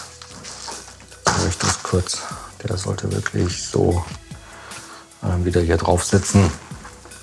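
An internal part is handled during reassembly as it goes back into the plastic housing of a Lenovo V30a-24IML all-in-one PC, where it clips back on. Someone talks throughout over light background music, with a brief handling sound near 0.2 s. The part has not seated or clicked into place yet.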